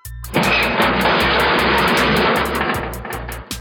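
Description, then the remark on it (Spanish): A car fleeing from the police roars steadily as it speeds away, with a throbbing low rumble under hissing noise, ending in a short, sharp impact as it crashes. No one speaks. “Carlos y el Benjas terminaron estrellándose en el auto en que viajaban mientras escapaban de la policía”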